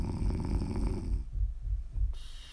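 Low, fluttering rumble of a sleeping adult's snore, offered as ASMR snoring, fading into quiet breathing and faint background hiss.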